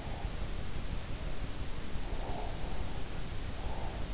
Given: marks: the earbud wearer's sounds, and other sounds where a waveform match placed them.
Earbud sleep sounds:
sounds in sleep by an in-ear microphone; breath
2.15-4.04 s: breath

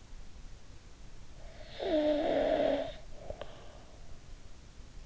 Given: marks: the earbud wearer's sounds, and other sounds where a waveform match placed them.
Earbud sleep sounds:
sounds in sleep by an in-ear microphone; snoring breath
1.25-4.23 s: snoring breath

